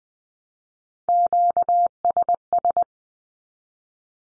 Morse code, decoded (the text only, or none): QSS